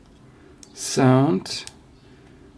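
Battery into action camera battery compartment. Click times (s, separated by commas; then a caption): 0.6 s. A battery is pushed into the battery compartment of a DJI Osmo Action action camera and seats with a sharp click at 0.6 s. Someone then talks briefly.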